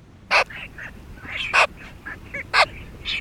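Brown Pelican calls: coarse, noisy blasts about once a second, with quieter scratchy and squealing notes filling the gaps.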